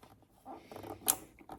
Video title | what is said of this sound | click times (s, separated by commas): Mercury Pro XS 4-stroke fuel filter change. | till it clicks it's tight take this last one | 1.1 s